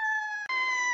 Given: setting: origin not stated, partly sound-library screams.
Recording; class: one-second piece from a danger detection set; woman in danger